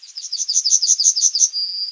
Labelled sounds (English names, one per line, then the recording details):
Yellowhammer song
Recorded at under 5 m from the bird
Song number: 168